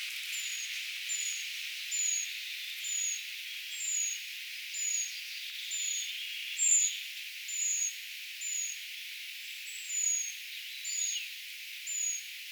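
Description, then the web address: Eurasian treecreeper calls: high, thin, descending notes repeated at an even pace, about one per second, over gentle background hiss. Brood of young calling, recorded 4 June 2025, identification tentative. "paivat 4 6 2025 tietaakseni puukiipijapesueen aantelya"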